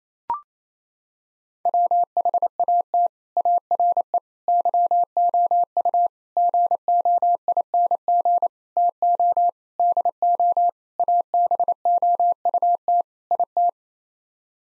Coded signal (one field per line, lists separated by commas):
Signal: Morse code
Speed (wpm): 28 wpm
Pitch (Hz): 700 Hz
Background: none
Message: WHAT ARE YOU GOING TO DO ABOUT IT